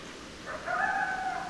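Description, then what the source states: Coyote howl: a short steady tone rising in from a softer start, held for nearly a second, with quiet hiss behind. Coyotes, more than one animal, recorded on 10 December 2012.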